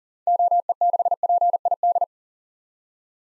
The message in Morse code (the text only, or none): OE6PID